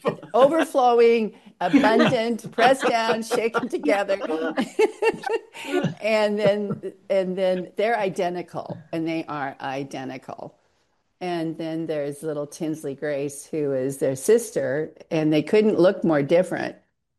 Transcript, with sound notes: overflowing-
(laughs)
... abundant-
(laughs)
... pressed down, shaken together. (laughs) And then, and then, they're identical. And they are identical. And then there's little Tinsley Grace who is their sister, and they couldn't look more different.